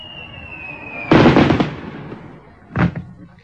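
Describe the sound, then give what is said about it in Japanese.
A fireworks effect: a thin high whistle gives way to a loud, crackling burst that fades over half a second, then a second, softer bang follows. “第2回戦のお題を発表しますよ。第2回戦は、花火。”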